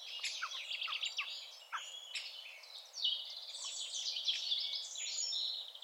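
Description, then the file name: Eurasian wren song, a dense jumble of very high, quick twittering notes and short buzzy runs that continue almost without a break. "Troglodytes troglodytes"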